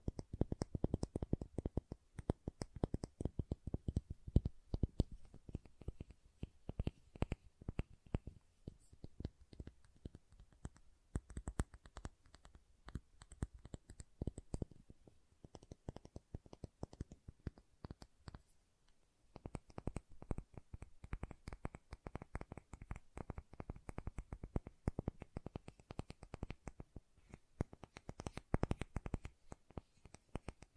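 Soap being tapped and carved in dense, rapid clicks and scrapes throughout, with a brief pause near nineteen seconds before the busy tapping resumes.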